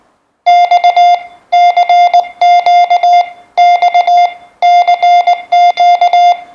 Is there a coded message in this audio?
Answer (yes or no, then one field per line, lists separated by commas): yes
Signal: Morse code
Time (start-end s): 0.5-6.3 s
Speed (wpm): 20 wpm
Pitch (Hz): 700 Hz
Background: none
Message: X CQ X CQ